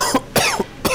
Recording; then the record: coughing mixed with background sound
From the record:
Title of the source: Coughing 79